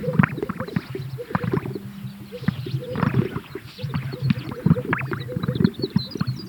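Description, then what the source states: Greater sage-grouse display sounds: many overlapping low popping, gulping and swishing notes from several birds, forming a steady bubbling chorus. At a lek.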